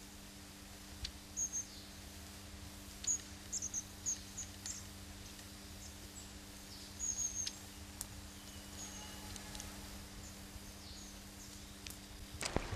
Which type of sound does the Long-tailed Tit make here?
song